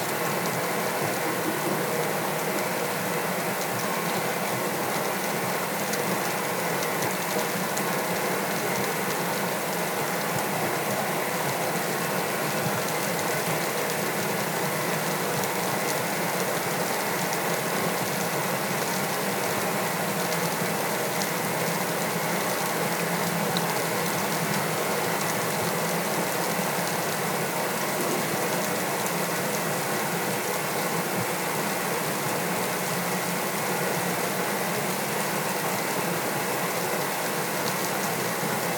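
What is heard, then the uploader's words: Snow falls gently on a cabin deck, a dense, unbroken patter of tiny, fast ticks and crackles holding steady throughout without pause. A Snowy Cabin (Black Bear Lodge in Baldwin, MI). Gently falling snow outside of a cozy remote cabin. It was recorded with my my Sound Devices MixPre 6 and used both my Sennheiser MKH 416 shotgun mic. Snow gently falling on the deck of the cabin.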